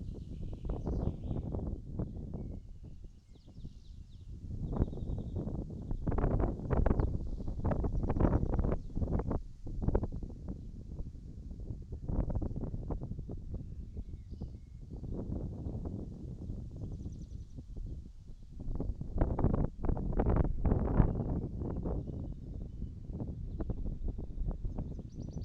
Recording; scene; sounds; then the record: everyday scene through a hearing-aid microphone; wind on the microphone; wind, birds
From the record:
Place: in front of a rural house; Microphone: in the ear canal, right